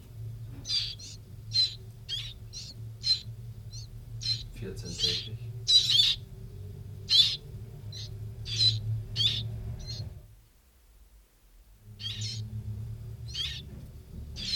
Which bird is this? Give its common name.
Willow Warbler